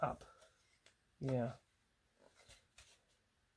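A plastic model train track tie piece is handled while being pressed onto a model track rail during test assembly, with someone talking and a few brief faint taps and rustles. Nothing has seated or clicked into place yet.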